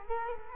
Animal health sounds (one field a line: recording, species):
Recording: mosquito wingbeat signal from an infrared sensor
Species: Culex quinquefasciatus